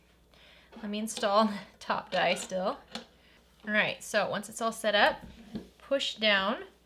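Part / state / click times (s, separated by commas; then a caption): snap part into the top die of a snap press / not seated / none. A snap part is set up in the top die of a snap press's setting die for a vinyl wallet while someone talks over quiet handling sounds. The part is handled but nothing has seated or snapped into place yet.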